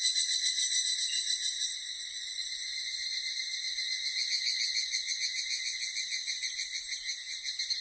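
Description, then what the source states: Evening cicada giving a ringing, pulsed metallic call, loud at the start, then steady and rhythmic. Recorded on 16 July 1997.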